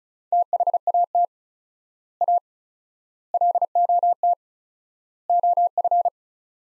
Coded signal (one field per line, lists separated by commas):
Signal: Morse code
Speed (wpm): 36 wpm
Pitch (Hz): 700 Hz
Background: none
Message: THAT A LOT OF